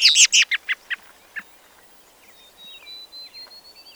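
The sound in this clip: Bobolink song, opening with a burst of loud, harsh repeated notes in about a second, followed by soft, scattered twangy notes and a thin rising whistle.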